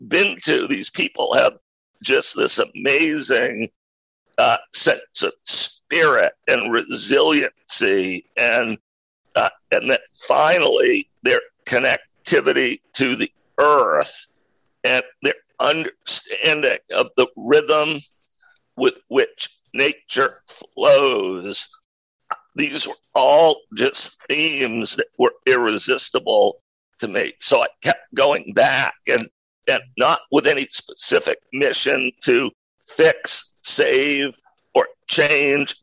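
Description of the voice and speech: Adult male speaker in connected speech with a rare neurological voice disorder (dysphonia), acquired in 2012, that made speaking particularly difficult. It is a partial loss of voice. The voice has since improved and he speaks without pain, but it still sounds unusual and unique.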